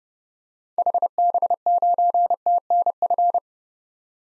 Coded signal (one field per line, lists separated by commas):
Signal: Morse code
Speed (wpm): 30 wpm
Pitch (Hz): 700 Hz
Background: none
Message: HB9TNF